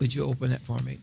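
Someone talks while the plastic lid of a food storage bucket is handled after a request to open it. The lid is meant to snap down for a tight, waterproof seal, but nothing has seated or clicked yet in this clip.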